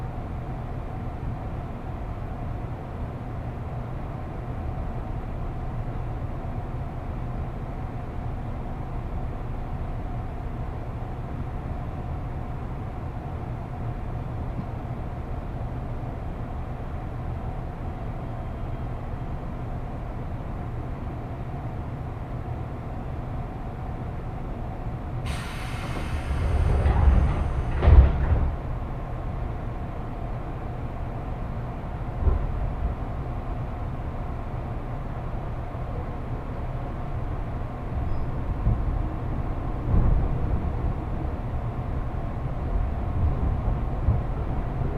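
A steady low rumble of a train ride on a Japanese commuter line fills the recording, with a faint constant tone running through it. Around 26 to 28 seconds a sharp bright screech and clatter breaks in, and softer knocks follow near 32 and 40 seconds.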